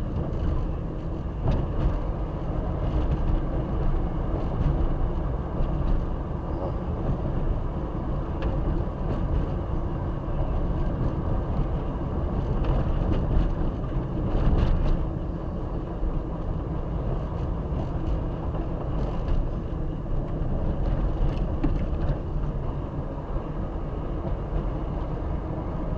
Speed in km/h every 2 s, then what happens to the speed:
32, 31, 33, 36, 35, 35, 36, 34, 31, 32, 30, 28, 31.
0-12 steady at about 35. 12-21 slows to 28.